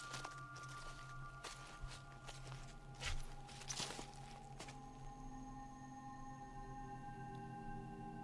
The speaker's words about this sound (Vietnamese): Một âm thanh quỷ dị vang lên ngay bên tai. Ấy là tiếng bước chân như của ai đó đang đi ở trong nhà. Tiếng bước chân lạ lắm. Nó giống như là một chân bước, một chân kéo lê.